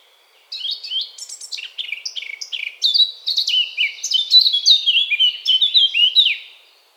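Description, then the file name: Eurasian blackcap song: a long warble of quick, jumbled chirps that grows louder toward the end. "Sylvia atricapilla"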